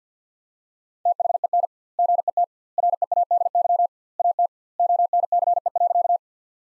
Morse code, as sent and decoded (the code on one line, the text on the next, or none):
- .... . -. / --. . - / .-. . .- -.. -.-- / .- - / --- -. -.-. . .-.-.-
THEN GET READY AT ONCE.